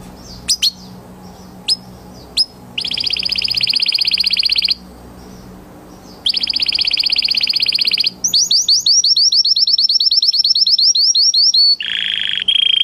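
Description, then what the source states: Canary song opening with a few sharp chips, then two long buzzy trills, a quick series of falling whistled notes, and a lower rolling tour. Orange canary; lure song meant to prompt a canary that has stopped singing to start again.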